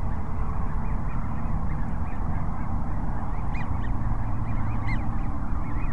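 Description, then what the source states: Many sandhill cranes bugling together, short arched rolling calls repeating throughout, a louder burst near the end, against continuous low-pitched background noise. Several cranes at Cochise Lakes, 30 January 2019.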